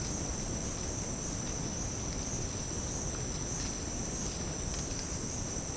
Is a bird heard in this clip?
no